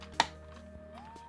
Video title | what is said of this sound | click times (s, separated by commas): Takara Tomy Masterpiece MP-57 Skyfire | snaps into place and then we have the Jetfire look or you know the more of the G1 | 0.2 s